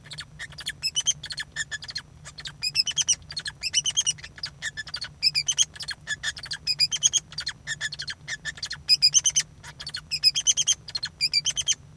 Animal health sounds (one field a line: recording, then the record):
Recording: song of a male Bengalese finch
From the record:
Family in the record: son of father 2